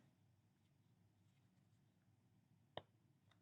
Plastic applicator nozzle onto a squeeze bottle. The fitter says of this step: you he that it just clicks right in and it's snug and secure